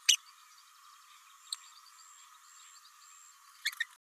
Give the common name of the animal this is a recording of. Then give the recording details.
Green-rumped Parrotlet. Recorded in a nest box in Venezuela. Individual 18B104A5